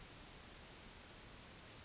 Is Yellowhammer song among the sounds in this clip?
no